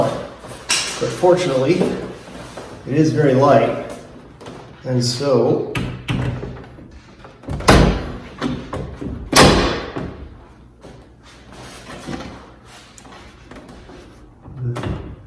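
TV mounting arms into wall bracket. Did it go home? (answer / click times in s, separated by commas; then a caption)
no / none. A flat screen TV with its mounting arms bolted to the back is lifted and hooked onto a wall bracket, with its bottom latches meant to snap into the wall mount. Someone talks while several knocks and thuds are heard, the loudest near 7.7 s. Nothing has seated or snapped into place yet by the end of the clip.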